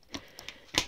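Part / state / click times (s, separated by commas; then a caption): stroller tray bar into bassinet frame slots / seated / 0.8 s. A snack tray bar with a cup holder on a Wisesonle 3-in-1 stroller is pushed into the side grooves of the bassinet frame. Light ticks and scrapes are heard around 0.1, 0.4 and 0.5 seconds, then a sharp, louder click at 0.8 seconds as the tray seats in its slots.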